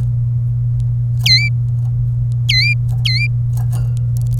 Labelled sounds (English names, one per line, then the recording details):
Domestic Canary song
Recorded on 27 April 2018 at 14:12
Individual llb3